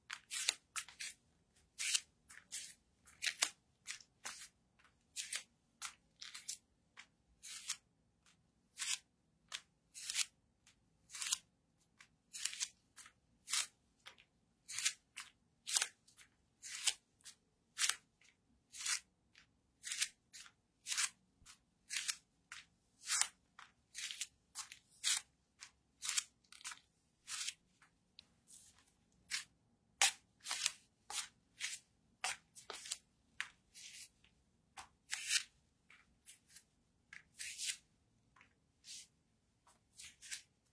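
Bare feet step along steadily, one or two footfalls each second with brief silences between. Each step lands as a crisp slap or snap with a bright edge. A faint low hum sits underneath throughout.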